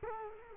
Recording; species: mosquito wingbeat signal from an infrared sensor; Culex quinquefasciatus